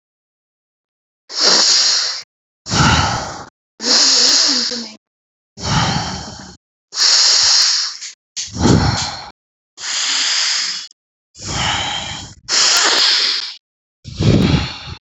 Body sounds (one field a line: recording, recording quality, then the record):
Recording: deep breathing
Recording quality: excellent, no background noise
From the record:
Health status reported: exposed to COVID-19, no respiratory illness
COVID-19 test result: negative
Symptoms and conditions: none ticked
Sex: male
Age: 32 years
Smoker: not ticked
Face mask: worn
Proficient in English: yes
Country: India